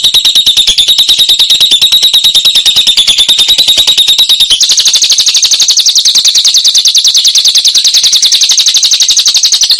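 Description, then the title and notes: Lovebird singing a continuous fast trill of shrill notes, jumping to a higher pitch about halfway through and carrying on without a break. Lovebird song as a model for training songbirds (masteran). "Suara Burung Lovbred Buat Masteran"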